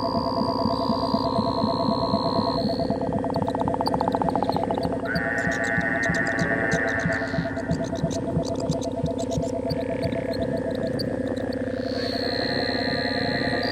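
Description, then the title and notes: Layered frog chorus with rapid rattling pulses, long steady tones at several pitches and bursts of high clicking trills midway. Every sound is a frog or toad; recorded December 2017. "every sound you hear on this is a frog or a toad - Bill Austin = Toad Wrangler - recorded December 2017"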